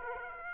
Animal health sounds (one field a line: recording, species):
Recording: mosquito wingbeat signal from an infrared sensor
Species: Aedes aegypti